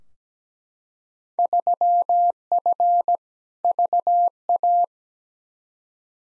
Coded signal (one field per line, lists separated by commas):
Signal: Morse code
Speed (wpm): 17 wpm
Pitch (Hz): 700 Hz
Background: none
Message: 3F VA